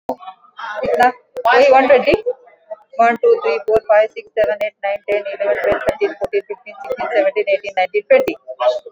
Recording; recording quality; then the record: counting at a fast pace; excellent, no background noise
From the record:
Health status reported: exposed to COVID-19, no respiratory illness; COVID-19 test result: negative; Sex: female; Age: 54 years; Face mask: not worn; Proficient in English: yes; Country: India